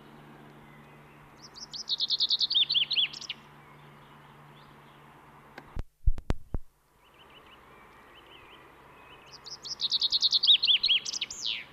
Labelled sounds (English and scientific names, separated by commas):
Common Chaffinch (Fringilla coelebs)